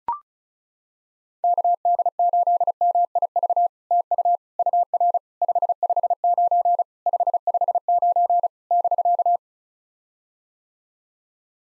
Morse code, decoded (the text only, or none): KD8MIV TU UR 559 559 <BK>